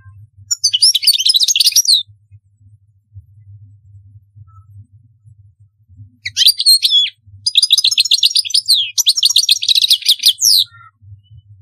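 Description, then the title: European goldfinch singing a short twittering phrase, falling silent for several seconds over a low hum, then bursting into longer tinkling, chattering song. "Chant Chardonneret"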